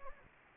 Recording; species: mosquito wingbeat signal from an infrared sensor; Anopheles gambiae